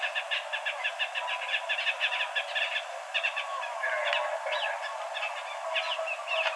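Bird calls, a busy run of short chirping notes, some rising or falling, repeated rapidly throughout with overlapping twitters.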